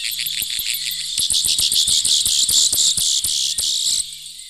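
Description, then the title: Grassland yellow finch singing in high, shrill, buzzy bursts of quick repeated notes that stop abruptly near the end, with a faint low hum behind. Bahía Blanca area, Argentina, where the species is common. "Museo de Ciencias de Bahía Blanca. Misto"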